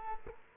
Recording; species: mosquito wingbeat signal from an infrared sensor; Culex quinquefasciatus